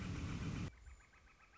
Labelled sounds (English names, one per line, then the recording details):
Northern Flicker
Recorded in Sonoma County, California